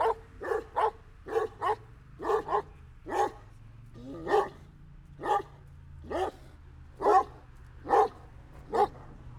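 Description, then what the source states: Dog giving rapid bursts of barks that then slow to single barks about a second apart, over a low continuous drone. Dogs barking amid street noise.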